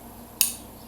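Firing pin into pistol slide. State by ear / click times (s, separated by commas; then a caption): seated / 0.4 s. During reassembly of a Kimber Custom Compact pistol slide, the steel firing pin, slid in large end first, is pushed home after the punch is removed. A single sharp, bright metallic click sounds at 0.4 s and fades within about a fifth of a second over a quiet low hum. The firing pin clicks into place and is seated.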